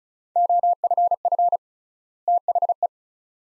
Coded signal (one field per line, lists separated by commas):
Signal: Morse code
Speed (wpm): 36 wpm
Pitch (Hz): 700 Hz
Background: none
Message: OFF THE